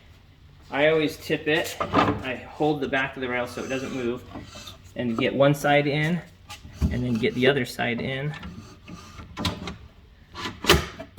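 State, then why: Seated. A drawer box is tipped onto its metal slide rails while someone talks, with one side engaged and then the other. It is pushed down and snaps into place with a sharp click at 10.7 seconds, seating the drawer on the rails.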